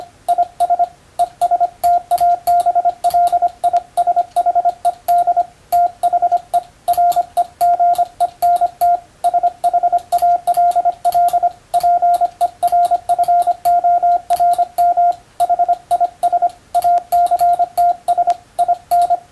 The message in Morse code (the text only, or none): IS ESTABLISHED THE REGENT SHALL PERFORM HIS ACTS IN